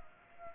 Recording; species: mosquito wingbeat signal from an infrared sensor; Culex pipiens